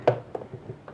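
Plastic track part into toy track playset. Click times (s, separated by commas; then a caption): 0.1 s. A plastic track part is pressed back into a Hot Wheels Fuel Can Stunt Box Track Builder playset, fitted in the only way it can go. A sharp plastic click at 0.1 s is followed by two fainter taps around 0.4 s and 0.9 s. The part is confirmed seated back in place.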